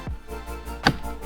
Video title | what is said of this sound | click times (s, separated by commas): I Upgraded My Base WRX Screen For ONLY $600! (Step-by-Step Swap) | this whole piece just clicks right in. | 0.9 s